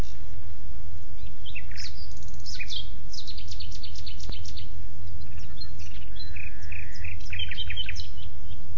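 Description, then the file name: Common nightingale delivering dense, varied quick notes and chirps in rapid succession, with a low steady rumble in the background. "Luscinia megarhynchos"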